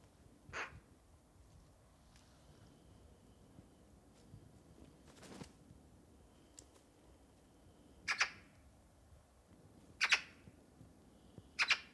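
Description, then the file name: Eurasian magpie making rasping, chattering bursts, several doubled, spaced a few seconds apart over faint background noise. "Pica pica"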